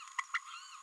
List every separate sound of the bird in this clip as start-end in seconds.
0.18-0.21, 0.34-0.38